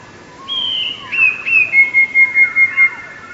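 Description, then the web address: Eurasian blue tit song: a high thin whistled note, two quick sliding notes, then a fast trill of several clear ringing notes. "wroblowe teka 2 spiew 2. wroblowe teka modraszkoteka"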